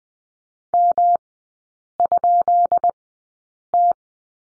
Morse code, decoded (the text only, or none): M?T